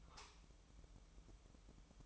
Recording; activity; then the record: daily activity, microphone in the room; light off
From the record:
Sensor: 1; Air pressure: 1008.0 hPa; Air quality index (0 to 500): 118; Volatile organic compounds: 2 ppm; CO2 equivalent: 1000 ppm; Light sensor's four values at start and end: 11/26/10/12 and 11/26/10/12